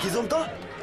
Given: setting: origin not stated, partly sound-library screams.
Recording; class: one-second piece from a danger detection set; normal situation